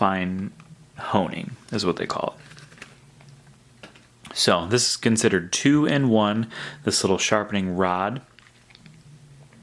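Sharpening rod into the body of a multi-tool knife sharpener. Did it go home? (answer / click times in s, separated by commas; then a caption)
yes / 8.8 s. Someone talks while handling a Sharpal 6-in-1 knife sharpening tool, with a few faint taps between about 2.6 and 4.3 seconds. The small two-in-one sharpening rod is pushed back into its slot in the sharpener body and seats with a short, sharp snap at 8.8 seconds.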